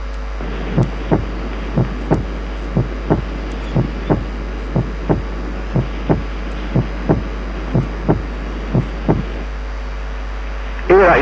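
Regular heartbeat near 60 a minute with a crisp, louder second sound in each pair: an accentuated S2.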